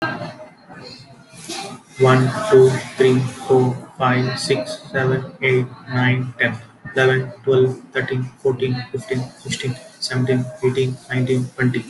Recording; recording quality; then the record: counting at a normal pace; moderate, slight background noise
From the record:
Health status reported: healthy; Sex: male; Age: 32 years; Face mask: not worn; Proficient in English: yes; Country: India